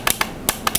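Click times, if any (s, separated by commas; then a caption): none. The black plastic crank knob of a Freedom60 spring-driven syringe infusion pump is turned clockwise and rises toward the top. Five sharp ratcheting hits sound at about 0.1, 0.2, 0.5, 0.7 and 0.8 seconds. The knob has not latched at the end of travel yet and nothing has clicked home.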